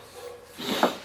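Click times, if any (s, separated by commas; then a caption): 0.8 s. Internal parts of a cordless impact wrench, the board and motor, are pressed into the plastic housing half during reassembly after a board replacement. A rubbing, scraping sound builds from about 0.6 s and ends in a single knock at 0.8 s as the parts settle into place in the housing, seated.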